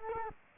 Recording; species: mosquito wingbeat signal from an infrared sensor; Culex quinquefasciatus